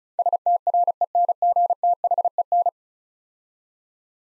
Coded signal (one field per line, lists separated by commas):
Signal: Morse code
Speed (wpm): 36 wpm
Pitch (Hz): 700 Hz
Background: none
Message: STRENGTHEN